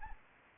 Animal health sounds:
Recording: mosquito wingbeat signal from an infrared sensor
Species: Anopheles gambiae

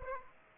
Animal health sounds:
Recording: mosquito wingbeat signal from an infrared sensor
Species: Aedes aegypti

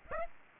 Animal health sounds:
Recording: mosquito wingbeat signal from an infrared sensor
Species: Aedes aegypti

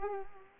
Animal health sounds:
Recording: mosquito wingbeat signal from an infrared sensor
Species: Culex pipiens

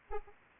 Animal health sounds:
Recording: mosquito wingbeat signal from an infrared sensor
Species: Anopheles arabiensis

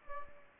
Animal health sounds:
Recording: mosquito wingbeat signal from an infrared sensor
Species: Aedes aegypti

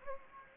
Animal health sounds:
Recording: mosquito wingbeat signal from an infrared sensor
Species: Anopheles gambiae

